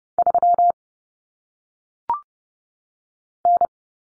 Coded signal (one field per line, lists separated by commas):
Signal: Morse code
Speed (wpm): 30 wpm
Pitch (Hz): 700 Hz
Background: none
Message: 3 N